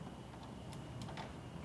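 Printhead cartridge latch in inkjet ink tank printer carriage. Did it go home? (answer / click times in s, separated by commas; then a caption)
yes / 1.0 s, 1.2 s. The blue printhead cartridge latch in the carriage of an HP Ink Tank 316 printer is pressed down to close it, giving short clicks at 1.0 s and 1.2 s over a steady background hum. The latch locks down with one press, and the printhead is seated.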